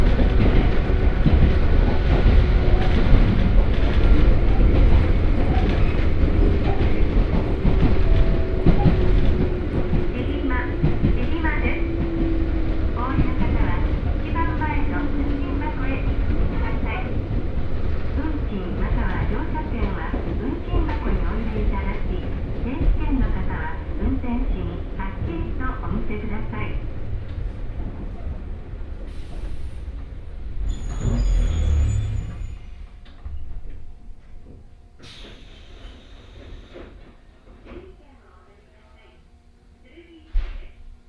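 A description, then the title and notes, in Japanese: A Hokuriku Railway Ishikawa Line train rumbles steadily with rattling and voices, then quiets after thirty seconds, leaving sparse clicks and a final bump. 鉄道旅 北陸鉄道石川線 野町→鶴来。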